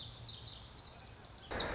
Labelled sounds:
Pacific Wren (Troglodytes pacificus)
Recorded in Sonoma County, California

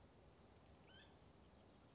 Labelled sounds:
Mountain Quail (Oreortyx pictus)
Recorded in Sonoma County, California

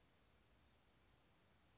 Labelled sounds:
Blue-gray Gnatcatcher (Polioptila caerulea)
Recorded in Sonoma County, California

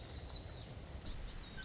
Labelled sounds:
Lazuli Bunting (Passerina amoena)
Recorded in Sonoma County, California

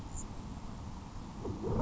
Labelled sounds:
Grasshopper Sparrow (Ammodramus savannarum)
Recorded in Sonoma County, California

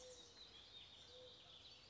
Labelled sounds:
Mourning Dove (Zenaida macroura)
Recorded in Sonoma County, California

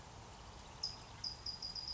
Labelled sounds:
California Towhee (Melozone crissalis)
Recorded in Sonoma County, California

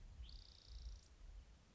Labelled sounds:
Spotted Towhee (Pipilo maculatus)
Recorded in Sonoma County, California

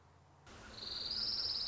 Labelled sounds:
Orange-crowned Warbler (Leiothlypis celata)
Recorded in Sonoma County, California

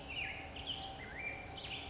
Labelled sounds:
Black-headed Grosbeak (Pheucticus melanocephalus)
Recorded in Sonoma County, California

